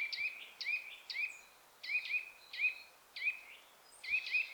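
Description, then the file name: Eurasian nuthatch: clear, upslurred whistled calls repeated in a steady series, in pairs and singles, with a quiet hiss behind. "Sitta europaea"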